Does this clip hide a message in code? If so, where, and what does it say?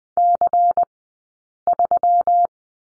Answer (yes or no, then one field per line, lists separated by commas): yes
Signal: Morse code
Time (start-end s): 0.2-2.5 s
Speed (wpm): 20 wpm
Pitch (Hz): 700 Hz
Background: none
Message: C3